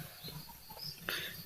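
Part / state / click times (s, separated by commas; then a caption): component of a wireless microphone fitting into the mic housing / seated / 1.1 s. While an Ashley wireless microphone is being reassembled after repair of its broken power pin, a part is pushed home into the mic housing. A single sharp click sounds at 1.1 s over a quiet background, and the part is locked in place.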